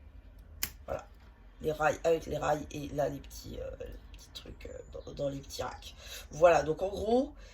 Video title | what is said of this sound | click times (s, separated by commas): Review LEGO sans minifigurines Harry Potter du Poudlard Express et la gare de Préaulard !!!! (76423) | Et en fait, ça vient juste se clipser comme ceci. | 0.6 s